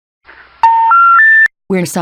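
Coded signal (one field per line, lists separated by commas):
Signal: telephone call progress tone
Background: speech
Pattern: special information tone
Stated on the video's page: EAS SAME tones in a fictional Halloween scenario film, a simulated alert rather than a real broadcast.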